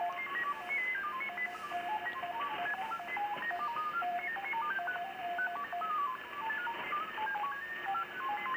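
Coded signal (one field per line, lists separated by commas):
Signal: FT8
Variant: SuperFox mode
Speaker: so we are calling him using the Super Hound mode of FT8.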